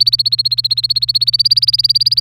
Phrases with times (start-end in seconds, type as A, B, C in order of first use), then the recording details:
0.00-2.20 A. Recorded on 3 May 2018 at 08:48. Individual llb3